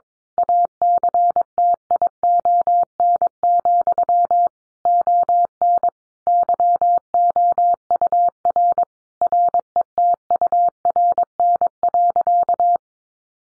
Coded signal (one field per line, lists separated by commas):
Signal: Morse code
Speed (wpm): 22 wpm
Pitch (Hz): 700 Hz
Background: none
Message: ACTION, ON YOUR RETURN.